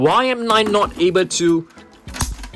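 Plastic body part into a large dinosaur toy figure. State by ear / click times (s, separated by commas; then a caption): seated / 2.2 s. A plastic part of a large dinosaur toy figure is pushed into the figure's body after a struggle while someone talks. It snaps home with a sharp click at 2.2 s, meaning the part is securely seated.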